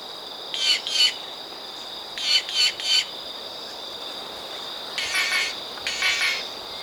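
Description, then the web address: Inca Jay calling in short groups of two or three grating, buzzy notes, with pauses between groups, over a continuous high-pitched insect chorus. Ecuador. "Birds of Ecuador. Inca Jay (Green Jay)"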